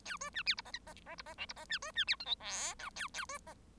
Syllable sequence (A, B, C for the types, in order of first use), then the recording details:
A B C D E F F F E F G E F C B C D H I J K A A B F. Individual Bird1